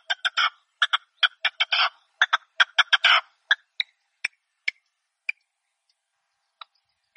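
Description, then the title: Red-legged partridge calls: a run of harsh, grating chuckles that thins out into a few sparse, short notes separated by silence. Partridge call used as a hunting lure (reclamo). "Canto de Perdiz. Reclamo de Perdiz"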